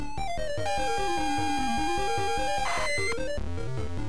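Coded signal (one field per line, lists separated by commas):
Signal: ZX Spectrum tape loading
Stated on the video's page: ZX Spectrum tape loading on a +3 from a WH Smith CPD8300 cassette player.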